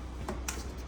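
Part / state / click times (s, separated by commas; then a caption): plastic cover onto wardrobe top bracket / not seated / none. A plastic cover on the left side of an IKEA PAX wardrobe is lined up over the gear part and bent around the top bracket as it's handled, producing two short, sharp ticks at about 0.3 and 0.5 seconds over a low steady hum. Nothing has seated or snapped on yet by the end of the clip.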